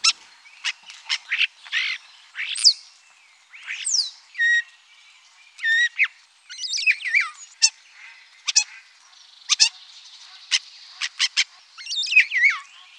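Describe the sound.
Common starling song: a varied run of sharp clicks, buzzy notes, short rattles and slurred whistles with brief pauses between phrases.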